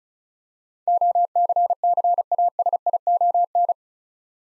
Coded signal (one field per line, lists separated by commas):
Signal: Morse code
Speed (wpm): 34 wpm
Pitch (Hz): 700 Hz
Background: none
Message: OCCASION